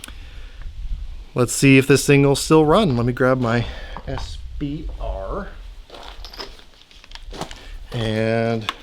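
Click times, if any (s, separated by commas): none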